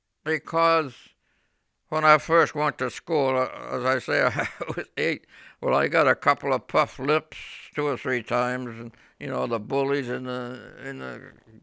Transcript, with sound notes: because when I first went to school, as I say ( he laughs ) I was eight. Well, I got a couple of puffed lips two or three times and, you know, the bullies in the